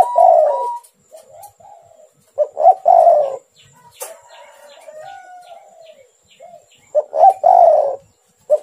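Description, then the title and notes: Spotted dove song of short stuttered notes ending in a drawn-out coo, repeated with softer cooing between. "Tekukur. Kicau Burung"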